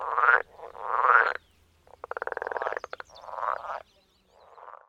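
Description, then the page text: Pool frog calling with loud rasping croaks, then a stretch of spaced pulsed clicks, followed by a further grating burst and a softer final croak. "Голоса амфибий - Лягушка прудовая (Pelophylax lessonae)"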